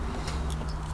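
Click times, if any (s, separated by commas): none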